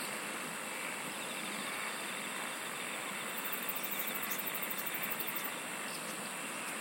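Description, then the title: Insects singing in a dense chorus, with a steady high hiss, a faint pulsed trill and a brief very high rapid ticking burst midway. "SINGING OF INSECTS"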